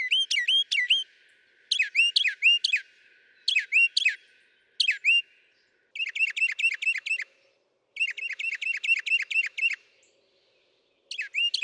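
Northern mockingbird song, a phrase repeated in short groups, then fast series of identical notes, pausing and resuming.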